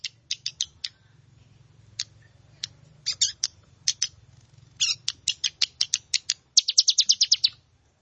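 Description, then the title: Plain prinia song: scattered high, sharp notes building into a fast run of rapid buzzy elements near the end, over a faint low hum. "Ciblek Sawah"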